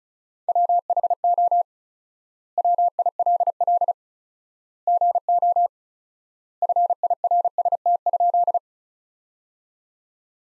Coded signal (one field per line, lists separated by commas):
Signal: Morse code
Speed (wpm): 34 wpm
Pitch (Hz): 700 Hz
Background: none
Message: WHO WILL GO FIRST?